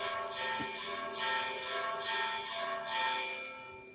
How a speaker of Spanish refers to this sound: que es que tengo, no sé si lo escucháis, las campanas. Sí. Y no me ha permitido, un segundito, escucharos bien.